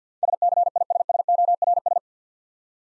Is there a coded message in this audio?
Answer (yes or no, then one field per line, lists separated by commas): yes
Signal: Morse code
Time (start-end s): 0.2-2.0 s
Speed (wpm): 50 wpm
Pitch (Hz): 700 Hz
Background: none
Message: SCISSORS